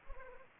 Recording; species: mosquito wingbeat signal from an infrared sensor; Anopheles arabiensis